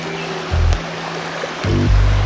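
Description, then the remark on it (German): Steady rushing water hiss as a Canadian canoe, 4.7 m long and 80 cm wide, drifts through rapids with rocks on the Neisse river through a forest, with two bursts of low, rumbling thuds and hum partway through. No voices. “Wir driften jetzt durch den verwunschenen Klosterwald. Immer wieder Stromschnellen.”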